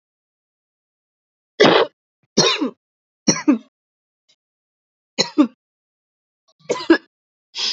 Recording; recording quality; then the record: heavy voluntary cough; excellent, no background noise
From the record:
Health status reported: healthy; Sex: female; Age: 23 years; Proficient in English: yes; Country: India